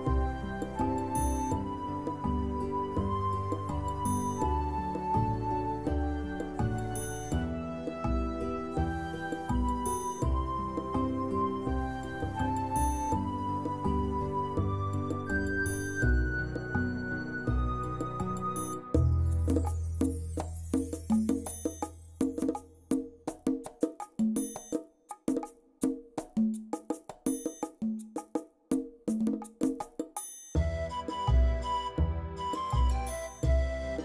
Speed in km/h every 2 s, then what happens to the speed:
24, 33, 35, 40, 43, 47, 54, 61, 69, 78, 84, 90, 94, 97, 99, 99, 101.
0-34 speeds up to 101.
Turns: none.